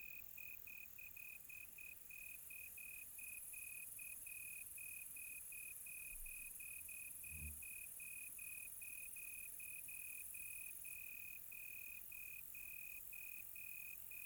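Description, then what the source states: Cricket chirping in fast, very regular pulses for the whole stretch, with one low thud partway and a high droning hiss behind. Quiet tropical night.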